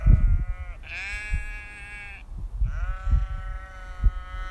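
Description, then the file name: Sheep bleating: two drawn-out bleats, the second starting midway, over low rumbling noise. "Noisy Sheep"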